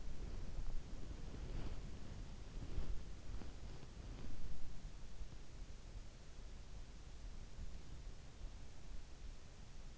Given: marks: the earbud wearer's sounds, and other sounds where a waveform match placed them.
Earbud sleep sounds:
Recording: sounds in sleep by an in-ear microphone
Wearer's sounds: body movement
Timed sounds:
0.00-5.16 s: body movement

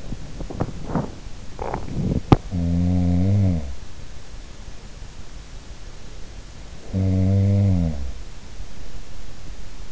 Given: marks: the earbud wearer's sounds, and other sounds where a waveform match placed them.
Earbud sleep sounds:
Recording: sounds in sleep by an in-ear microphone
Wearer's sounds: teeth grinding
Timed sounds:
0.00-2.51 s: teeth grinding
2.51-4.46 s: sound from someone else or the room
6.52-8.74 s: sound from someone else or the room

